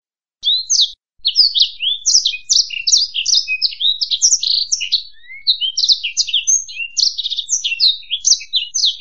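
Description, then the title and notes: Bird song, a fast, busy run of high chirps and twittering notes that hardly pauses. One short gap comes near the start. Birdsong meant for training a pet bird to learn its song. "Suara Burung. Suara Kicauan Burung untuk memaster burung kesayangan"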